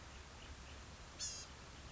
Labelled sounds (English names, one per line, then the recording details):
Blue-gray Gnatcatcher
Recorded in Sonoma County, California